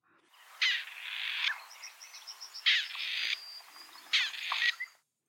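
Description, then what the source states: Grey Partridge calls, three harsh grating rasping phrases with pauses between, and faint thin chirps in the gaps. Candidate 2 in Germany's Bird of the Year 2024 vote; ground breeder of farmland needing bushy field margins and flower strips; crouches camouflaged when threatened; once common, now declining.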